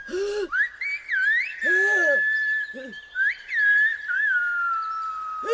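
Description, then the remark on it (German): Whistled language between bandits in a bandit camp, a whistle language said to come from the Canary Islands: a steady high whistle that swoops up and down in quick glides and trills, broken at intervals by short, breathy, hooting bursts. No speech. “Die Briganten unterhalten sich in ihrer seltsamen Pfeifsprache, die angeblich von den Kanarischen Inseln stammt.”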